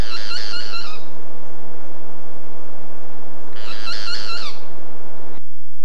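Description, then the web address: Boat-billed flycatcher song: an one-second burst of rapid, buzzy, wavering notes, given twice a few seconds apart over steady low hiss. "cantos pitangua"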